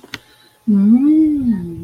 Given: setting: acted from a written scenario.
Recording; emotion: vocal sound without words; desire